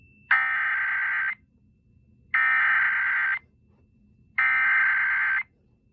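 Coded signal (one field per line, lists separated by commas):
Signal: Emergency Alert System (SAME) tones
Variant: header bursts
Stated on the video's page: A fictional EAS scenario, made with text-to-speech.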